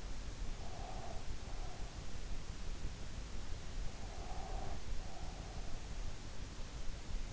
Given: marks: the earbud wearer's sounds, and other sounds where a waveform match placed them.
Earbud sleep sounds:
sounds in sleep by an in-ear microphone; breath
0.54-2.11 s: breath
3.88-5.78 s: breath

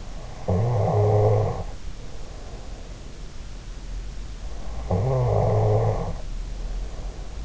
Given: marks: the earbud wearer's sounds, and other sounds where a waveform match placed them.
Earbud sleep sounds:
sounds in sleep by an in-ear microphone; snoring breath
0.15-2.93 s: snoring breath
4.74-7.45 s: snoring breath

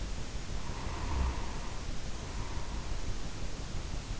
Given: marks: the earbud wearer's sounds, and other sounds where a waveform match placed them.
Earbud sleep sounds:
sounds in sleep by an in-ear microphone; snoring breath
0.45-3.30 s: snoring breath

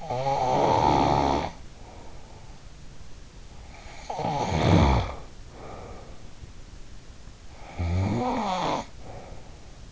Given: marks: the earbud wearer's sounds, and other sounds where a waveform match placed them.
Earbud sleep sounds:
sounds in sleep by an in-ear microphone; snoring breath
0.00-2.68 s: snoring breath
3.76-6.36 s: snoring breath
7.28-9.85 s: snoring breath

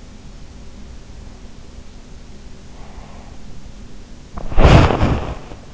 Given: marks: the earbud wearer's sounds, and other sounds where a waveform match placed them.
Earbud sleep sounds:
sounds in sleep by an in-ear microphone; breath, body movement
2.77-3.42 s: breath
4.24-5.64 s: body movement

